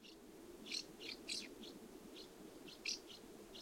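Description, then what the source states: Common house martin calls, a run of quick high twittering chirps spread throughout, over low steady background noise. Recorded 20 July 2012.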